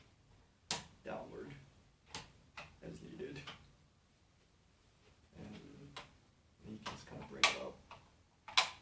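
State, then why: Seated. The seat depth adjustment ratchet of a Herman Miller Mirra 2 office chair is worked by pressing the release button under the seat and pulling the front of the seat back up while someone talks. It ratchets into its fixed detent steps with sharp, loud clicks at 7.4 s and 8.6 s, among softer ticks.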